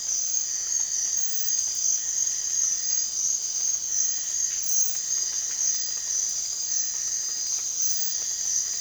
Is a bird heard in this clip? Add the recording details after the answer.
no. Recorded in dense forest near Puerto Asís, Putumayo, Colombia, on 27 June 2025 at 02:30. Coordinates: 0.468, -76.322. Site GP03